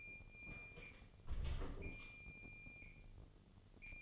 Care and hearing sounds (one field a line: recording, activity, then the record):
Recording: daily activity, microphone in the room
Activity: close door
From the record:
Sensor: 4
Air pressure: 1016.0 hPa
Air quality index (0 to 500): 201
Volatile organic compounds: 11 ppm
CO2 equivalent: 2296 ppm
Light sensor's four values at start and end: 9/20/8/7 and 9/20/8/7